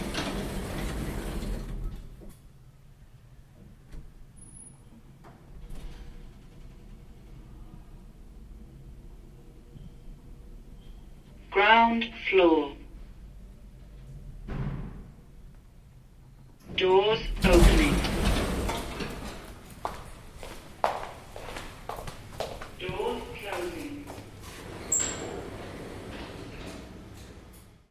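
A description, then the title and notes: A lift hums quietly between a rumble at the start and a loud door slide near seventeen seconds, with brief voices and clunks. Sounds of UCL: Huntley Building lift.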